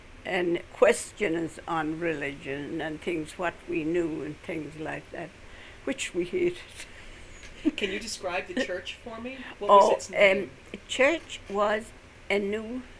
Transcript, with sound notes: and question us on religion and things what we knew and things like that, which we hated. (she laughs)
Can you describe the church for me? What was it's name?
The church was a new